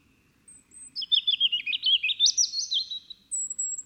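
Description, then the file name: European robin song of rapid liquid notes, repeated at a brisk, uneven pace and rising in pitch, closing with a very high thin whistle; soft low rumble beneath. "Erithacus rubecula"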